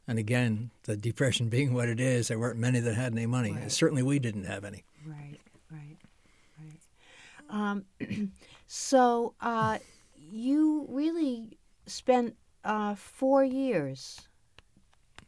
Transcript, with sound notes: And again, the Depression being what it is, there weren't many that had any money. Certainly, we didn't have any.
Right, right. [clears throat] So you really spent four years —
Yes.